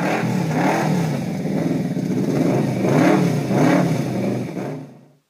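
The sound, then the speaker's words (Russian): A vehicle engine revs hard in several rising and falling surges, a throaty mid-pitched roar with a rattling edge, then drops away quickly at the end as Raynor speeds off down the road out of the camp, in StarCraft 2: Heaven's Devils. No voices. “Накачанный стимуляторами, Рейнер махнул рукой и рванул по дороге из лагеря.”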